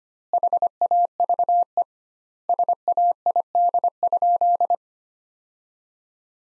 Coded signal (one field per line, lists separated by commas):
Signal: Morse code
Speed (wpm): 25 wpm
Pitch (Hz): 700 Hz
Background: none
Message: HAVE SAID?